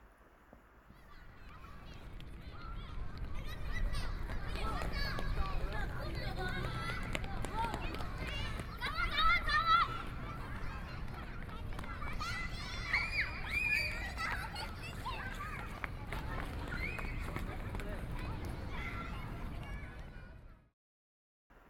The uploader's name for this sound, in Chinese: 自由廣場